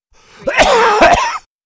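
Two quick, harsh coughs from an adult man, about half a second apart, with a voiced, throaty rasp running between them. It is a plain cough in a quiet room.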